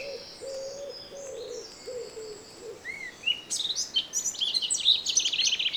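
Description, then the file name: Eurasian blackcap warble starting midway with bright, quick notes, after low repeated cooing and drawn-out high whistles. "Sylvia atricapilla"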